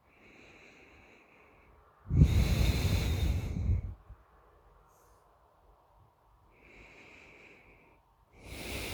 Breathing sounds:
nose breathing near a microphone
0.00-2.00 s: inhalation
2.00-3.96 s: exhalation
6.32-8.16 s: inhalation
8.16-8.94 s: exhalation
From the record:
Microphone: phone

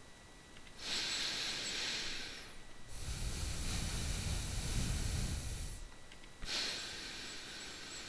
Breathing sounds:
nose breathing near a microphone
0.55-2.62 s: inhalation
2.62-6.12 s: exhalation
6.12-8.09 s: inhalation
From the record:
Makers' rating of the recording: bad

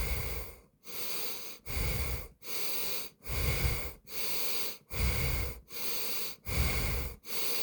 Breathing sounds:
nose breathing near a microphone
0.00-0.53 s: exhalation
0.53-1.48 s: inhalation
1.48-2.18 s: exhalation
2.18-2.98 s: inhalation
2.98-3.83 s: exhalation
3.83-4.68 s: inhalation
4.68-5.53 s: exhalation
5.53-6.28 s: inhalation
6.28-7.03 s: exhalation
7.03-7.63 s: inhalation
From the record:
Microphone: phone

